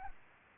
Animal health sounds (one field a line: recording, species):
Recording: mosquito wingbeat signal from an infrared sensor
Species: Anopheles arabiensis